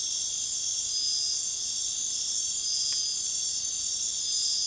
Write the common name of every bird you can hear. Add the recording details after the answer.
none. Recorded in dense forest near Puerto Asís, Putumayo, Colombia, on 20 February 2024 at 00:30. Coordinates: 0.505, -76.324. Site G6467